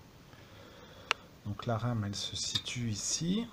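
The retaining clips of a RAM module in a desktop motherboard memory slot are pulled open to take the stick out. A sharp, loud click at 1.1 s marks the clip springing open and releasing the module. Someone then talks.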